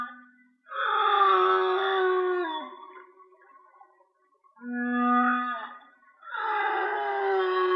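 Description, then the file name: Whale song: long harmonic moans, a steady low hum giving way to a rich wavering wail, then a pause and two more tonal units. "Whale Song-colin"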